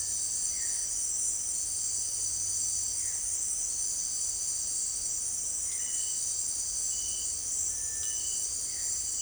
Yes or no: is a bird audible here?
yes